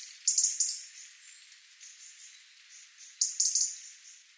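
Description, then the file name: European robin calling with two short bursts of sharp, high ticking notes about three seconds apart, faint soft notes in between. "Erithacus rubecula"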